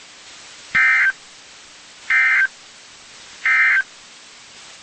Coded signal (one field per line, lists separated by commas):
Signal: Emergency Alert System (SAME) tones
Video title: EAS #116-119 (Four Severe Thunderstorm Warnings)